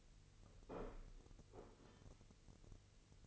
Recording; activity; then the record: daily activity, microphone in the room; place plate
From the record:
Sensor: 4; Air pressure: 1008.3 hPa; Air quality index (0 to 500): 78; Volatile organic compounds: 1 ppm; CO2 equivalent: 639 ppm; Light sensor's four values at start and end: 12/28/11/11 and 12/28/11/11